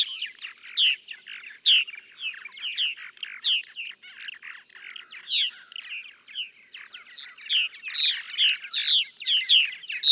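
Purple martin song: a long series of liquid chirps and croaky notes, irregular but steady, with louder clear chirps scattered through it.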